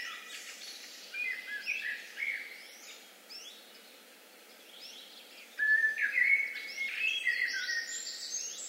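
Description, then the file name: Common blackbird song: brief fluty phrase near two seconds, then a longer warbled phrase ending in high twitters. "Turdus merula"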